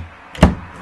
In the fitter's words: and snap into place